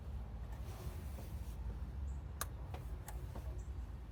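The greased rubber boot on the other end of a spark plug wire is pushed down onto the spark plug in the cylinder head, just like the first end. Over a low, steady hum, a sharp click sounds at 2.4 s, followed by a few fainter ticks at 2.8, 3.1 and 3.4 s. The boot is seated on the spark plug.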